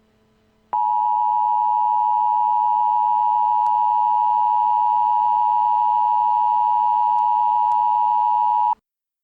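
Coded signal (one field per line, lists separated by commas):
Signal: Emergency Alert System (SAME) tones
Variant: 853 and 960 Hz attention tone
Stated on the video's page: Fictional EAS scenario, not a real alert.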